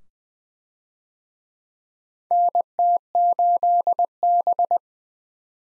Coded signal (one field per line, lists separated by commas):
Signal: Morse code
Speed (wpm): 20 wpm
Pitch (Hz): 700 Hz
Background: none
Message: NT8B